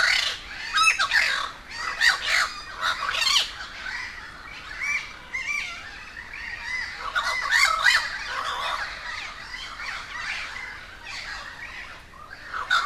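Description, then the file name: A crowd of crows squawking together, raucous caws stacked over one another in rapid, irregular bursts that swell and ease off. A gathering of many crows at Humboldt Park, Cuba. "humbold park cuba-convocation of crows"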